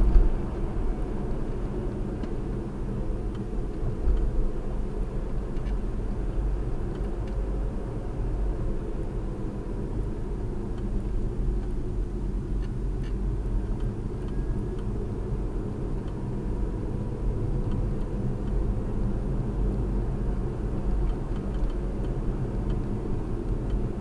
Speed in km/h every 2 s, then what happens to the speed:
58, 50, 50, 52, 52, 42, 35, 39, 40, 42, 48, 53.
0-2 brakes to 50. 2-8 steady at about 50. 8-11 brakes to 35. 11-17 steady at about 39. 17-24 speeds up to 53.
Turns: none.